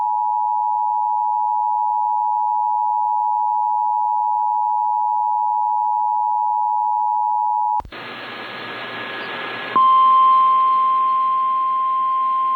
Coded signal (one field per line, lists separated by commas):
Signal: Emergency Alert System (SAME) tones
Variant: 853 and 960 Hz attention tone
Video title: Severe Thunderstorm Warning (Bennett and Jackson Counties, SD) (8/13/25) [EAS #263]